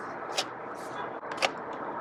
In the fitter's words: You want to push that in and slide the end until you hear it click.